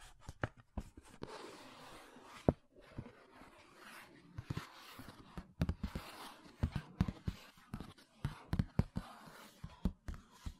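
Fingernails tap and scratch on makeup containers in an irregular stream of sharp clicks, with a soft rasping scratch filling the gaps. One tap near the start stands out as the loudest, and the taps come thicker and quicker in the second half.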